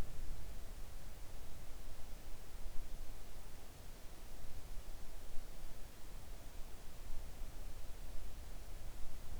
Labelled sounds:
near silence

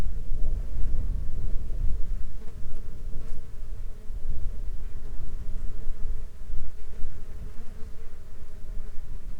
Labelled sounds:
insects

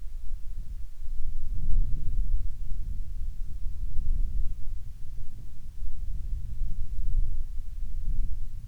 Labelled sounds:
wind

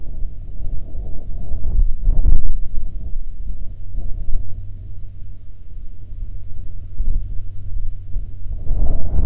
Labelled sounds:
wind
aircraft

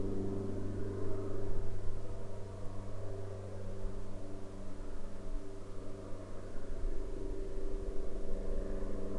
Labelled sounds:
aircraft

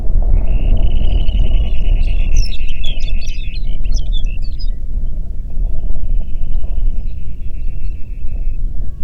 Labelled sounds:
songbird
wind

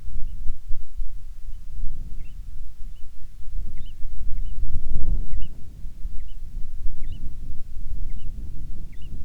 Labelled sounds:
bird
wind

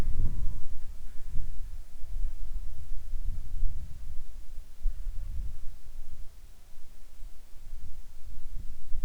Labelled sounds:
wind
insects

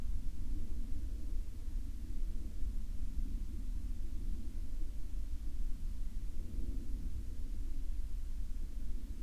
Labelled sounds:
aircraft

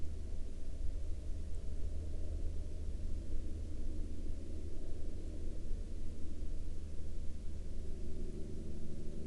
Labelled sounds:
aircraft

